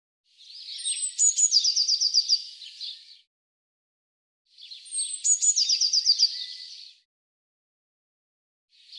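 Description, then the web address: Eurasian blue tit singing twice: each phrase opens with high thin notes and runs into a rapid trill, with a third phrase beginning at the end. "Deverinetal"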